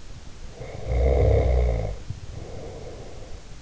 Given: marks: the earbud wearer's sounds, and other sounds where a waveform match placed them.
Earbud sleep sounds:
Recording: sounds in sleep by an in-ear microphone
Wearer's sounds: snoring breath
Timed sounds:
0.38-3.58 s: snoring breath

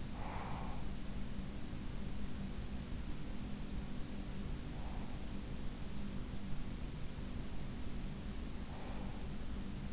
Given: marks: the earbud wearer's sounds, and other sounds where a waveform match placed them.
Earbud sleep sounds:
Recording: sounds in sleep by an in-ear microphone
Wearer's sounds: breath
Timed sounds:
0.00-1.17 s: breath

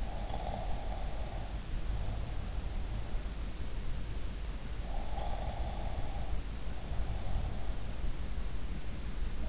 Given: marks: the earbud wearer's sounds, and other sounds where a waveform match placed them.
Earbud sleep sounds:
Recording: sounds in sleep by an in-ear microphone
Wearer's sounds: snoring breath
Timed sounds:
0.00-2.99 s: snoring breath
5.00-7.74 s: snoring breath

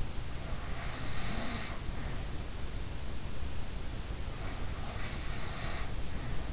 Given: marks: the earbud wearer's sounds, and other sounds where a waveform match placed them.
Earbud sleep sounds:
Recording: sounds in sleep by an in-ear microphone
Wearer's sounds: snoring breath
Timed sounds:
0.41-2.30 s: snoring breath
4.40-6.53 s: snoring breath

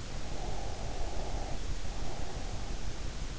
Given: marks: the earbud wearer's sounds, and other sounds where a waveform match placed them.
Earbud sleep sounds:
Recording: sounds in sleep by an in-ear microphone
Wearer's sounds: breath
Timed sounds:
0.38-2.99 s: breath

